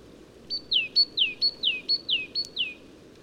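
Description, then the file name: Great tit song, a clear two-note phrase, a high flat note dropping into a lower swept note, repeated five times at a quick steady pace over quiet background. "Parus major"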